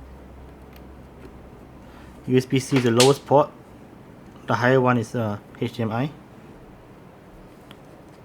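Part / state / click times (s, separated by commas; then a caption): USB-C cable plug into mirrorless camera side port / not seated / none. Someone talks while handling a USB-C charging cable from a power bank near the lower side port of a Fujifilm X-T4 mirrorless camera, with a faint brief tick near 7.7 s over quiet background. The cable has not seated or clicked into the port yet.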